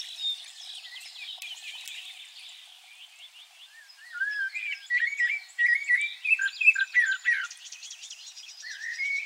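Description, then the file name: Common blackbird singing a busy, high twittering phrase, with louder, lower warbled notes joining in the second half. "Turdus merula"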